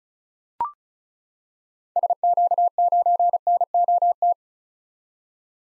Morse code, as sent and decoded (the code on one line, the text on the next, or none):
... --.- ----. -. --- -
SQ9NOT